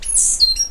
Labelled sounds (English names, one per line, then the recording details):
Stitchbird song
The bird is a male
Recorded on Tiritiri Matangi Island, New Zealand, in 2005
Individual 10, of nest box 12